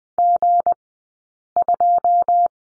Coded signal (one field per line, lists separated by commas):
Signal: Morse code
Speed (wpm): 20 wpm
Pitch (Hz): 700 Hz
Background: none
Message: G2